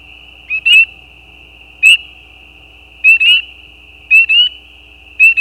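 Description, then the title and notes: Spring peeper mating calls: short, sharply rising high peeps, some single and some doubled, coming about once a second over a steady high-pitched chorus drone. Mating calls of peeper frogs, individual calls with gaps, recorded at night at the side of a gravel road. "Peepers peeping. Peeper frogs mating calls - the calls are more individual with gaps in the recording. Recorded at the side of a gravel road at night. Recorded by Anton Pickard. Part of the Music for Sleep project"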